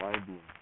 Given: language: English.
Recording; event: throat vibration sensor signal played as sound; speech